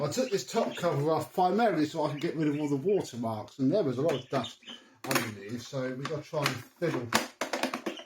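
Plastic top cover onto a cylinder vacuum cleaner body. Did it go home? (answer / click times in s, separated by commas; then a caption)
no / none. Someone talks while fiddling the plastic top cover, taken off to clean away water marks and dust, back onto the body of a Miele CX1 Comfort XL bagless cylinder vacuum cleaner. A quick run of short sharp knocks comes at about 7.4 to 7.7 seconds. The cover has not clicked into place yet.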